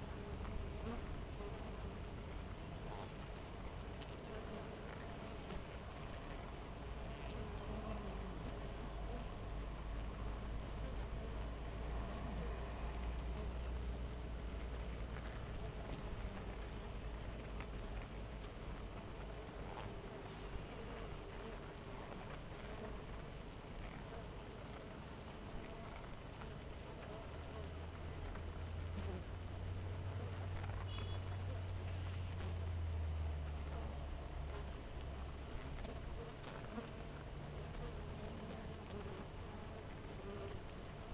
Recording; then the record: honeybee colony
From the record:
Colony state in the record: missing queen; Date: 14 July 2017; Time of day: 6:31